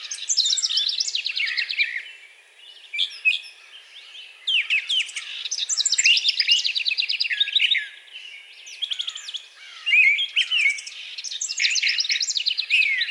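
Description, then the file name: Brown thrasher singing loudly in a rapid stream of varied phrases with sharp trilled notes, separated by short pauses. Recorded on 4 June 2020. "2020-06-04 Brown Thrasher"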